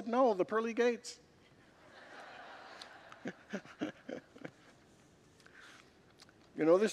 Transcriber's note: congregants laugh